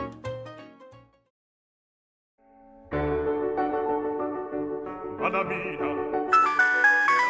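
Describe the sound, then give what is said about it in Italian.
A mobile phone ringtone plays a short electronic melody, pauses briefly, then returns as a loud, steady polyphonic jingle that builds with brighter, higher notes toward the end. “Oddio, il telefonino! Spegnilo! Non lo trovo!”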